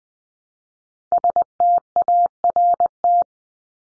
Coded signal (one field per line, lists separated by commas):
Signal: Morse code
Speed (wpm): 20 wpm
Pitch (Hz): 700 Hz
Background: none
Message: START